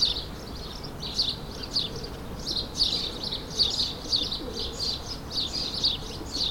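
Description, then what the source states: Sparrows chirping busily, dense overlapping high chirps in continuous bursts, with soft low background noise. Suburban ambient recording, May 2022, several sparrows.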